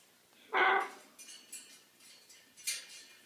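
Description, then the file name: Scarlet macaw giving a single harsh, raspy squawk, followed by soft clicks and rustling knocks. Hand-reared scarlet macaw chicks from a breeder. "krasnyi ara ara macao rucnye ptency iz pitomnika"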